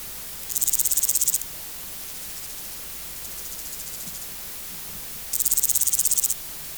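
Omocestus bolivari grasshopper song: high, dry buzzing bursts about a second long, made of rapid ticks. A quieter pulsed burst sits between two loud ones spaced nearly five seconds apart.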